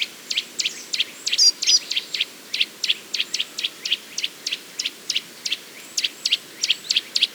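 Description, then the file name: Eurasian nuthatch calling with short, sharp piping notes repeated quickly, several per second, with a brief high twitter near the start. "Sitta europaea"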